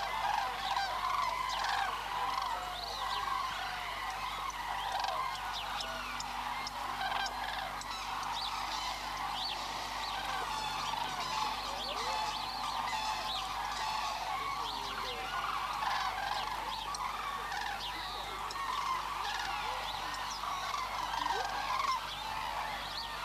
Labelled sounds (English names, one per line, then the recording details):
Common Crane flight call
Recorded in the wild
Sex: group
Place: Vogelpark Walsrode, Niedersachsen, DE
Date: 1986-03-17 12:00
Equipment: Halbspur, 9,5 cm/s
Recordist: Lütgens, Hans